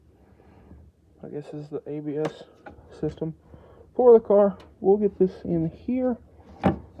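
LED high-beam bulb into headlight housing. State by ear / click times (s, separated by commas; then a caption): seated / 6.7 s. An Auxito LED high-beam bulb is pushed into the headlight housing of a Chrysler 300C, working in a tight spot behind the ABS unit, and twisted until it locks. Someone talks throughout, and a sharp knock at 6.7 s marks the bulb locking into place.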